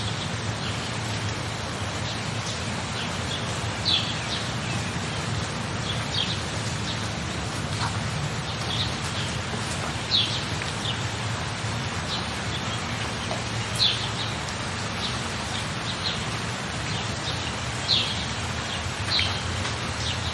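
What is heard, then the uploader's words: A steady, dense wash of rain fills the whole clip, with a low rumble underneath. Short, bright chirps from frogs or crickets cut through every few seconds, clustering around 4, 10, 14 and 18 seconds, over a constant, even backdrop. Raindrops, Frogs, Crickets and Chimes.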